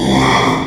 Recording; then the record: squeal of a Yucatan mini pig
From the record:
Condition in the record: after surgery on the right vocal fold (resection and tissue-engineered implant); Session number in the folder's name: 1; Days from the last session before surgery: 6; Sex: male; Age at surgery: 12 weeks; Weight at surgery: 13 kg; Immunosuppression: cyclosporine, prednisolone